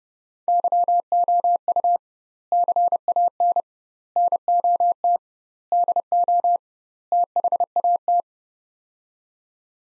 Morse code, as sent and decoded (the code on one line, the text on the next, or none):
-.-- --- ..- / -.-. .- -. / -. --- - / -.. --- / - .... .- -
YOU CAN NOT DO THAT